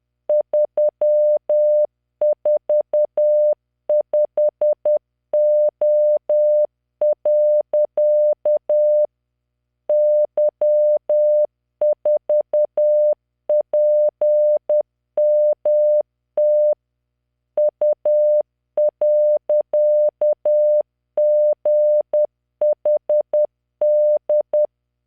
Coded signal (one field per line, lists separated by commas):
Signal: Morse code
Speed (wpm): 10 wpm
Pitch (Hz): 600 Hz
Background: none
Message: 345O. Y4PMT U.GHD